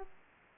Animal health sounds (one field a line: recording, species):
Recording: mosquito wingbeat signal from an infrared sensor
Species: Aedes aegypti